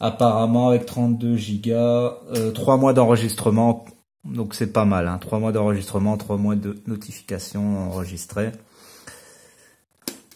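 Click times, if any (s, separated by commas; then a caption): 10.1 s. Someone talks for most of the clip, then a plastic cover is pressed onto a battery-powered security camera body. A sharp click at 10.1 s marks the cover clipping shut into place.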